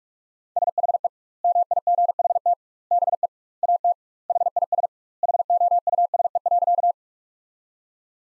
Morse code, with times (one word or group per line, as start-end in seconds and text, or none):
0.6-1.1 SHE
1.4-2.5 MIGHT
2.9-3.3 BE
3.6-3.9 AT
4.3-4.9 HIS
5.2-6.9 HOUSE.